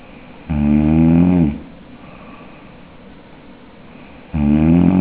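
Palatal snoring in an adult sleeper: a loud, low-pitched, harmonic inspiratory snore of about one second, followed by a quiet pause of nearly three seconds before the next snore begins.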